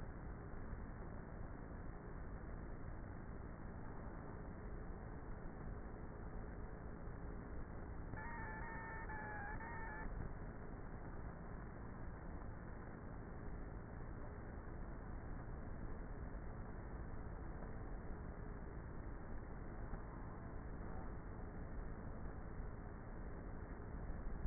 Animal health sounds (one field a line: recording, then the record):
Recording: honeybee colony, microphone inside the hive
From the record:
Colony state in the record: queenless with a low population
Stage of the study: before two queens were removed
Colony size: about 30,000 bees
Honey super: no